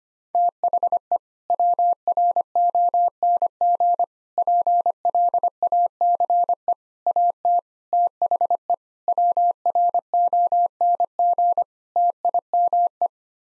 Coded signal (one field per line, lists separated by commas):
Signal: Morse code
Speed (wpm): 25 wpm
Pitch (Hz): 700 Hz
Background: none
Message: THE WRONG PLACE AT THE WRONG TIME